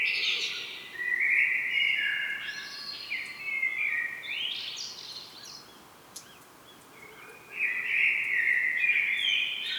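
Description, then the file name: Common blackbird delivering a long run of mellow, stepped whistles with higher squeaky notes, a short pause, then another fluty phrase. "Turdus merula"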